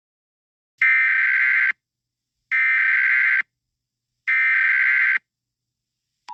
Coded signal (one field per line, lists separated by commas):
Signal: Emergency Alert System (SAME) tones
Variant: header bursts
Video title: EAS SCENARIO 26: Yarnaby's Rampage